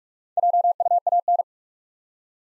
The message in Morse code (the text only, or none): JUAN